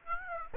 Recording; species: mosquito wingbeat signal from an infrared sensor; Aedes aegypti